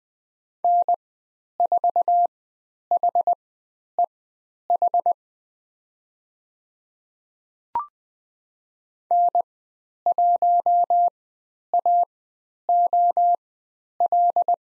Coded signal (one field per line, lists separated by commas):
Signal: Morse code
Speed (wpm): 20 wpm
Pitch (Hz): 700 Hz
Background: none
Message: N4HEH N1AOL